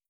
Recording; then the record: hydrophone in a shrimp aquaculture tank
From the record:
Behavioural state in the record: starved